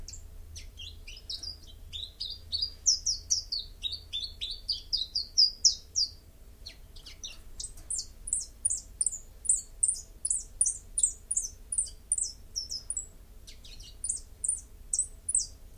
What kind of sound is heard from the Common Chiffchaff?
song